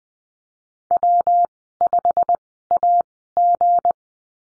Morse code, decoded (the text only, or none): W5AG